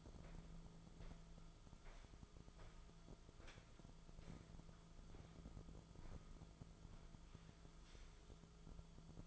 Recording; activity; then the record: daily activity, microphone in the room; walk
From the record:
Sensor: 5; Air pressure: 1005.5 hPa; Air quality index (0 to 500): 95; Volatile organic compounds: 2 ppm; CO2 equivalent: 1158 ppm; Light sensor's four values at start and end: 33/77/31/29 and 33/77/31/29